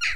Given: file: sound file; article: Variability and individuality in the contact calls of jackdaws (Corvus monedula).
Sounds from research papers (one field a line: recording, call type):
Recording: jackdaw call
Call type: noisy